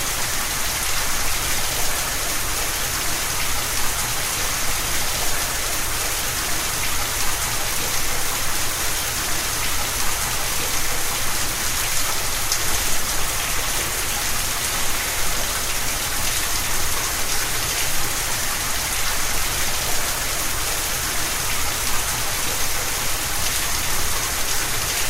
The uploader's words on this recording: In this episode, you'll experience the calming sound of a heavy downpour of rain. Heavy Downpour: Soothing Sounds of Rain.